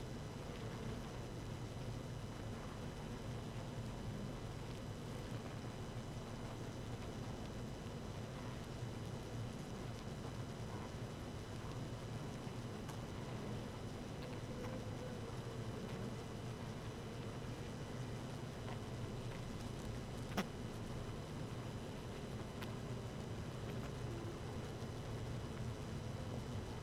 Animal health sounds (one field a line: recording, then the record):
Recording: honeybee colony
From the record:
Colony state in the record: active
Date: 12 June 2018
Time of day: 18:05